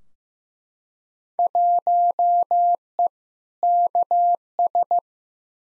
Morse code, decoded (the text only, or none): 1E KS